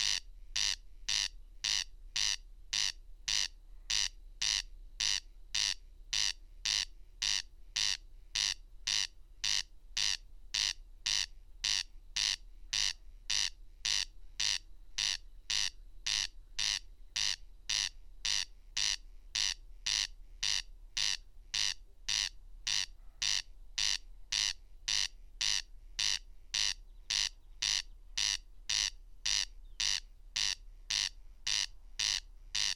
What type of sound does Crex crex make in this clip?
song